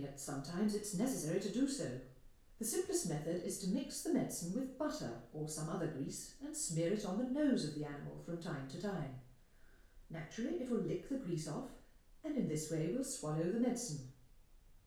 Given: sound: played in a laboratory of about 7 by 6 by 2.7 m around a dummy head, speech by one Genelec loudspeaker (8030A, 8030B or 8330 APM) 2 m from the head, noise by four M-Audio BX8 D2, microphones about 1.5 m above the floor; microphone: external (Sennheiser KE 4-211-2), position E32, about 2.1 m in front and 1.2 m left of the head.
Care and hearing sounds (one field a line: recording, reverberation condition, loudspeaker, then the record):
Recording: female speech in English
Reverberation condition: medium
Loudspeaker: 30 degrees to the right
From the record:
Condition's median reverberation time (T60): about 510 ms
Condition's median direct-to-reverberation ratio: about -0.5 dB